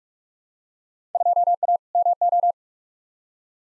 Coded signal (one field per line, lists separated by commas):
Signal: Morse code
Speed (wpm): 42 wpm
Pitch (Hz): 700 Hz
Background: none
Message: 2A MO